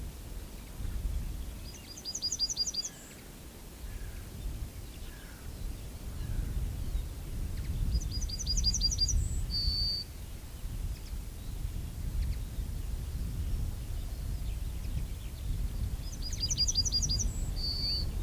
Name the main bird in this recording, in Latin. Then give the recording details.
Emberiza citrinella. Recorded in the wild. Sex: male. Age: adult. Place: Lüdersdorf, Barnim, Brandenburg, DE. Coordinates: 52.9206, 14.0711. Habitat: Straßenallee. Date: 2006-04-15. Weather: bedeckt, 3°C, schwacher bis mäßiger Wind aus West. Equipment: Marantz PMD 671, Sennheiser MKH 70 (-10dB), Popschutz. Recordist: Frommolt, Karl-Heinz. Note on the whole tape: Am südlichen Ortsausgang von Lüdersdorf: Gesang einer Goldammer. Entfernung 10 m